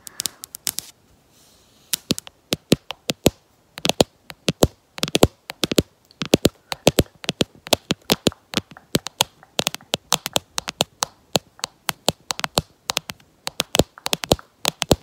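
Fingernails tap against a camera body in quick, irregular bursts, sharp clicks spread from low to very bright. The taps come in uneven clusters with short pauses, growing denser after the middle. Between them there is near silence.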